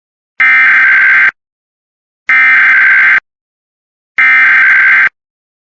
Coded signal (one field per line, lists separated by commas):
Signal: Emergency Alert System (SAME) tones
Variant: header bursts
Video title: Arizona Law Enforcement Warning EAS #15